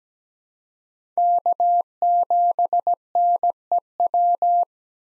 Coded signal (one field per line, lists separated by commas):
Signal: Morse code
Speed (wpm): 17 wpm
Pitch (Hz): 700 Hz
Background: none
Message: K7NEW